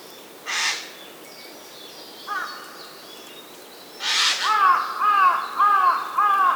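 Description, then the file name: Eurasian jay screeches harshly twice a few seconds apart, with a faint short call between, then gives a quick run of four arched, nasal mewing notes. "Garrulus glandarius"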